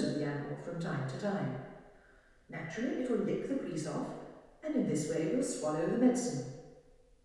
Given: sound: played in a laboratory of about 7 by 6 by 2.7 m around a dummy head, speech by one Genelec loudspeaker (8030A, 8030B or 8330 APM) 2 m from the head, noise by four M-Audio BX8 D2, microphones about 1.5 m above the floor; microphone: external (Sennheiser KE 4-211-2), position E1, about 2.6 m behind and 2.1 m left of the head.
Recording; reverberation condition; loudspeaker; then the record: female speech in English; high; 90 degrees to the right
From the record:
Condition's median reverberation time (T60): about 1300 ms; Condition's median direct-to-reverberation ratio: about -4.0 dB